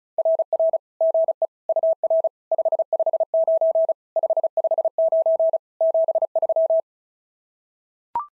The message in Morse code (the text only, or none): RR GE UR 559 559 73